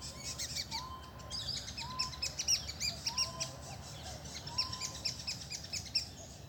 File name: Dusky myzomela